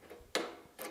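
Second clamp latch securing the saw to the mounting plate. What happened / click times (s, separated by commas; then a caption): The clamp latch clicked engaged / 0.4 s. The second mounting clamp latch that secures a saw to its mounting plate is closed until it gives a sharp click at 0.4 s, with a fainter sound following at 0.8 s. The clamp is engaged and the saw is locked onto the plate so it cannot come off.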